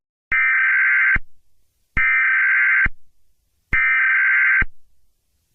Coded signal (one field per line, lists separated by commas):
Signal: Emergency Alert System (SAME) tones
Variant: header bursts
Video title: Eas Scenario 7: USA Independence Day war